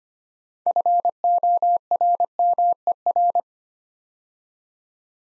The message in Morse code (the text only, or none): FORMER